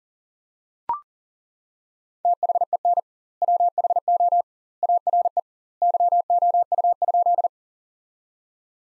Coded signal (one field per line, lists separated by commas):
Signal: Morse code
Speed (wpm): 40 wpm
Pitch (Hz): 700 Hz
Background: none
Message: THEN WHO ARE YOU?